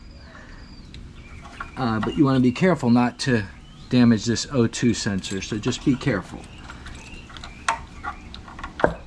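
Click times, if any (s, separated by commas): 7.7 s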